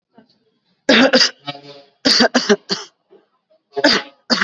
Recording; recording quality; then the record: heavy voluntary cough; moderate, slight background noise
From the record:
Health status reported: COVID-19 positive, mild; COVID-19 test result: positive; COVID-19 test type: RT-PCR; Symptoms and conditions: cold, sore throat, fever, fatigue, muscle pain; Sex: male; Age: 36 years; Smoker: no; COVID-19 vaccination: both doses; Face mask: worn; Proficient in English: yes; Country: India